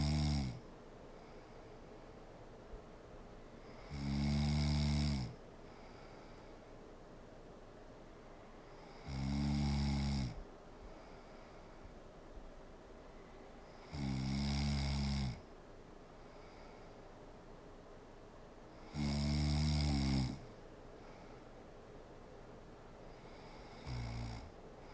Woman snoring.